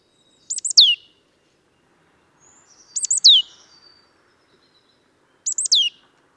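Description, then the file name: Marsh tit giving three bright phrases of quick, high notes that slur steeply downward, repeated roughly every two and a half seconds against near silence. "Poecile palustris"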